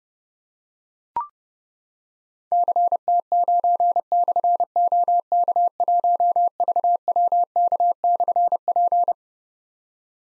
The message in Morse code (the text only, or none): CT9/OK1VWK/P